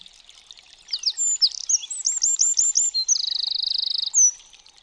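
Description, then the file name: Eurasian wren singing a vigorous high burst of quick whistled notes and looping phrases, then a long dry mechanical trill and a short closing note. "STRZYZYK"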